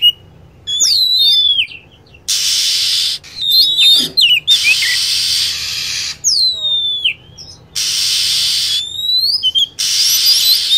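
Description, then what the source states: Lovebird calls: clear descending whistles and chirp clusters alternating with broad, harsh hissing screeches. Lure recording used to attract lovebirds.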